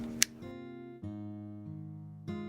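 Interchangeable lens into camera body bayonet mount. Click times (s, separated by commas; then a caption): 0.2 s. An interchangeable lens, lined up by its index mark and rotated counterclockwise on a camera body's bayonet mount, clicks home at 0.2 s and is seated. A sharp hit follows right after, over background music of plucked guitar notes.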